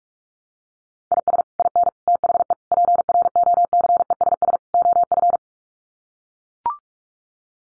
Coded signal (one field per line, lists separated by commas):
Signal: Morse code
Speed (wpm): 44 wpm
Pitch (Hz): 700 Hz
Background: none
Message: IS IN THE PROCESS OF